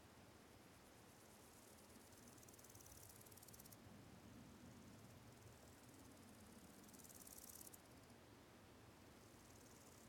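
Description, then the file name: Cicada song, a high pulsing buzz that breaks off and resumes twice, with a steady low rumble underneath. Countryside ambience with quiet fields and slow cicadas close by; spatial audio. "Ambience, Countryside, Quite Fields, Slow Cicadas, Close, Fly"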